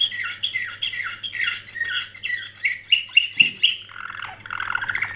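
Canary singing a run of repeated swooping notes that turn into sharp, evenly spaced loud chips, ending in a buzzy trill; a low hum throughout.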